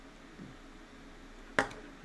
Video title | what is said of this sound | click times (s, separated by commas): Spooky Season: LEGO Building the Chomping Monster Book of Monsters - Behind the Scenes & Fun Facts! | And the green piece snaps right in. | 1.6 s